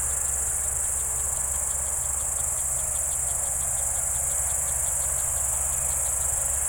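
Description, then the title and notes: Cricket chorus as a constant high shrill hum, with a rapid pulsed chirp over a low engine rumble. Evening crickets at Spalona Pass, Bystrzyckie Mountains, Poland, 18 July 2024 around 19:00; old tractor mowing grass in village below audible. "Spalona 6, 57-516, Polska - Spalona Pass - crickets and haymaking. Przełęcz Spalona w Górach Bystrzyckich. wieczorne świerszcze"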